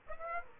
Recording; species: mosquito wingbeat signal from an infrared sensor; Aedes aegypti